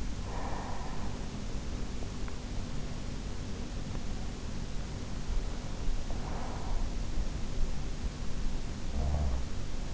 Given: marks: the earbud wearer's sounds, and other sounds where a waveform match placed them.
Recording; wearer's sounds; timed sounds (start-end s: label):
sounds in sleep by an in-ear microphone; breath
0.00-2.12 s: breath
8.70-9.81 s: sound from someone else or the room